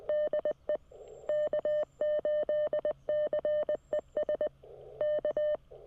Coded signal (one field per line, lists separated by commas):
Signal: Morse code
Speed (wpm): 20 wpm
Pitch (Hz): 600 Hz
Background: none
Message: DE K8CES K